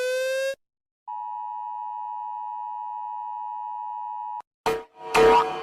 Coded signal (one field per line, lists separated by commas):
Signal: Emergency Alert System (SAME) tones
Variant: 853 and 960 Hz attention tone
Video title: Rating EAS tones (cuz everyone does)